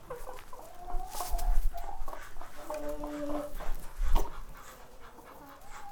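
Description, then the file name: Chicken: hens clucking and giving drawn-out squawks, with loud thuds, rustling and scuffling close by. Chickens walking around the microphone in a barn, squawking and clucking. "freesound chickens and ducks"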